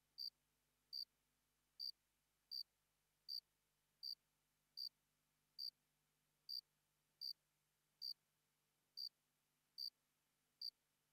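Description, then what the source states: Cricket calling with a steady series of short shrill chirps. Single cricket, sparse calling.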